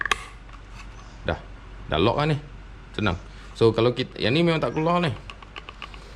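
A Garmin Striker Vivid 4CV fish finder display unit is slid in from below onto its plastic quick-release bracket and pushed upward until it seats, giving sharp mechanical clicks at 0.0, 0.1 and 0.1 seconds. Someone then talks, with a few faint light taps near the end. The unit is seated in its mount.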